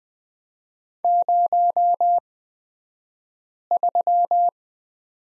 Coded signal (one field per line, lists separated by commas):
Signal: Morse code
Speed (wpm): 20 wpm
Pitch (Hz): 700 Hz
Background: none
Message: 03